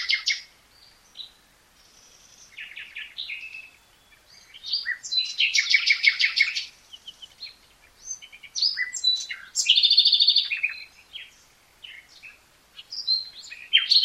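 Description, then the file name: Common nightingale song: a dense flow of rich whistles, fast trills and chattering notes, changing pattern every few seconds. "Luscinia megarhynchos"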